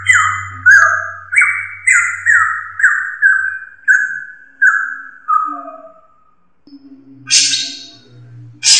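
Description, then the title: Drongo calls: a run of descending whistled notes, slowing and fading, then a brief harsh burst and a low hum. "Suara Srigunting Dari Hobiburung"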